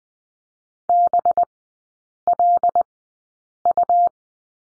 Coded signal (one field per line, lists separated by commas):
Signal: Morse code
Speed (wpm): 20 wpm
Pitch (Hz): 700 Hz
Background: none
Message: BLU